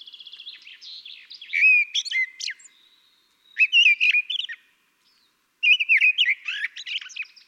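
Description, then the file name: Common blackbird singing three fluty, warbling phrases, each ending in a squeaky high twitter, with faint rapid chirping at the start. "Turdus merula"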